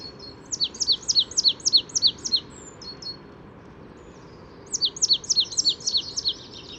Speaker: Voici le chant de la mésange nonnette.